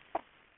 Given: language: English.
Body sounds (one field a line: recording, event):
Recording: throat vibration sensor signal played as sound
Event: swallow